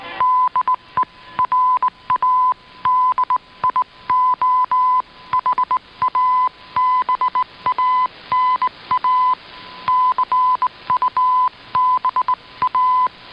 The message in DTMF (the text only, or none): none